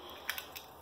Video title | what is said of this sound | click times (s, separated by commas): Nanō Paper Pro, DIY how to use, how to open, Mini Stapler | what to do, you push it in. Click | 0.3 s